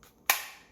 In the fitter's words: also when you pop it back in you get a really nice positive click